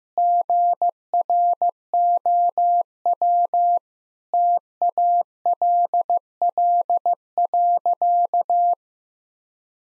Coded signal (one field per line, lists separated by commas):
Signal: Morse code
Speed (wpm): 15 wpm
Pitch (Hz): 700 Hz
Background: none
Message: GROW TALL.